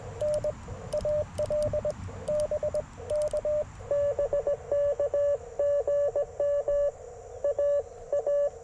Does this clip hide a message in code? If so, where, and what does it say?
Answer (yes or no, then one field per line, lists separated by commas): yes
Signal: Morse code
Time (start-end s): 0.2-8.5 s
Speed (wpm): 21 wpm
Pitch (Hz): 590 Hz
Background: radio noise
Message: N AL BK BK GM AA